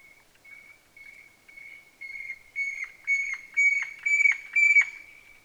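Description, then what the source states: Eared Quetzal call: a series of whistled notes, about two per second, growing louder. Rarely seen bird; call described as unique, easily recognized with a bit of practice.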